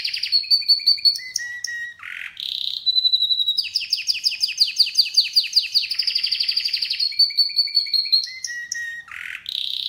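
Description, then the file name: Canary song: bright rapid trills and rolling tours, including a long rattling series of repeated notes, with no other sounds. "Canary Voice"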